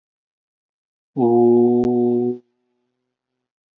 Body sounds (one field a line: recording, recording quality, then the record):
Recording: sustained vowel as in boot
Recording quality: excellent, no background noise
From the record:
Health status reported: healthy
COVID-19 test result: negative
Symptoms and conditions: none ticked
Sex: male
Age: 30 years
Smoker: not ticked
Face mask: worn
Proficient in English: yes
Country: United States